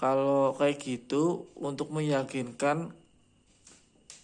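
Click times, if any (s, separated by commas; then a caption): 4.1 s. Someone talks as a metal retaining clip is pressed into the groove that holds an engine piston pin. After a brief quieter stretch, a sharp click at 4.1 s marks the clip seating in its groove.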